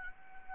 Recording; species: mosquito wingbeat signal from an infrared sensor; Anopheles arabiensis